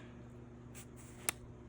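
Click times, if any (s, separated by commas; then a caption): 1.3 s. The zoom ring of a collapsible kit lens on a camera body is rotated until the lens extends and locks into its ready position. A single sharp, bright click sounds at 1.3 s over a steady low hum and faint soft rustling. The lens is seated and the camera is ready to shoot.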